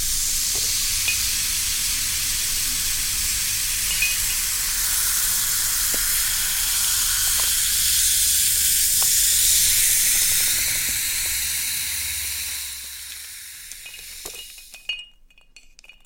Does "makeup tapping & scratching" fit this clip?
no